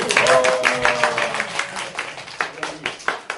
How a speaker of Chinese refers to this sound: 我哋大家翻嚟又想拍手掌。